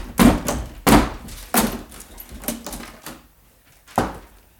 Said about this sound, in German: Also hören Sie, Parker, wir müssen die Türe einschlagen.